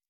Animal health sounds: hydrophone in a shrimp aquaculture tank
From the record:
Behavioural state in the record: normal

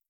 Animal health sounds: hydrophone in a shrimp aquaculture tank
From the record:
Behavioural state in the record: feeding

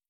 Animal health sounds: hydrophone in a shrimp aquaculture tank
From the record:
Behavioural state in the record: stressed

